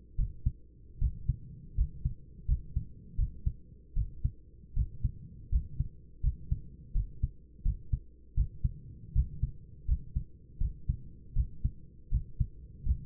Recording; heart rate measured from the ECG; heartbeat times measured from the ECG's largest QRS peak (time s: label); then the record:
heart sounds by stethoscope; 80 bpm
0.17 s: heartbeat
1.00 s: heartbeat
1.76 s: heartbeat
2.47 s: heartbeat
3.17 s: heartbeat
3.95 s: heartbeat
4.75 s: heartbeat
5.51 s: heartbeat
6.22 s: heartbeat
6.93 s: heartbeat
7.64 s: heartbeat
8.35 s: heartbeat
9.14 s: heartbeat
9.87 s: heartbeat
10.59 s: heartbeat
11.35 s: heartbeat
12.10 s: heartbeat
12.85 s: heartbeat
From the record:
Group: healthy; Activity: rest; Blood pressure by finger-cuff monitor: 120/59 mmHg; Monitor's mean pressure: 78 mmHg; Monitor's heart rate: 80 bpm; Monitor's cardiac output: 9.5 L/min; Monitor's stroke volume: 115 mL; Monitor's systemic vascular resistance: 600 dyn s/cm5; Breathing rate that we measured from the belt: 16 breaths a minute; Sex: male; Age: 24 years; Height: 184 cm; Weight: 89 kg